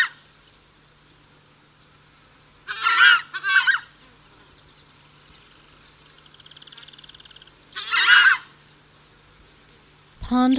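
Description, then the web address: Southern screamer uttering two bouts of harsh honking calls, with a brief insect-like buzzy trill in between. "crestedscreamer"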